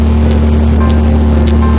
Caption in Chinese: 几种耳鸣的声音。 在重度耳鸣患者的耳朵里面， 这个声音会持续， 如果不治疗它就不会停止。